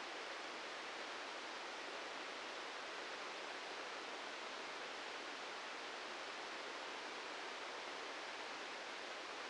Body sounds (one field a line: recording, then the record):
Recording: brain microelectrode recording played as sound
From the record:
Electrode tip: outside the subthalamic nucleus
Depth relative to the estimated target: 0 mm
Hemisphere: right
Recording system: NeuroSet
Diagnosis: Parkinson's disease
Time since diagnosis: 13 years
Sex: male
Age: 65 years